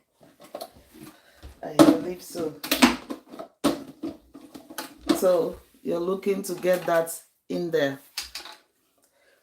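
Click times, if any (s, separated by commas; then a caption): 8.4 s. A juicer part is pushed into the juicer body while someone talks, with a click at 8.4 s. The part clicks but is not fully seated and needs further adjustment.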